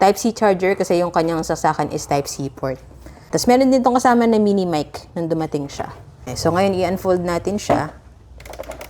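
Someone talks while handling a BETSY B151 foldable, rechargeable plastic portable electronic keyboard with 61 keys, starting to unfold its two halves at the folding hinge lock, whose click means it is locked and ready to use. Near the end, a few short handling knocks are heard at about 8.6, 8.7 and 8.8 seconds. The hinge has not clicked or locked yet.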